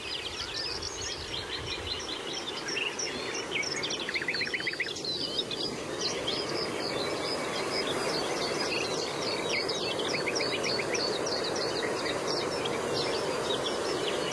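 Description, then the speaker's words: Common nightingale song: varied phrases of sharp repeated notes and rapid trills over a steady low background rumble. Several nightingales singing in dunes, cutting through other birdsong; sounds likened to lasers and a science-fiction robot. "nachtegalen die knallen er echt doorheen, hè?"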